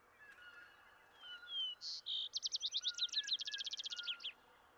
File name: Vesper Sparrow